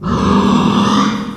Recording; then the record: squeal of a Yucatan mini pig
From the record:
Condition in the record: after surgery on the right vocal fold (resection and tissue-engineered implant); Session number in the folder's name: 16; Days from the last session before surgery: 183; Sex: female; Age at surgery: 19 weeks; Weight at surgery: 25 kg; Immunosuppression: prednisolone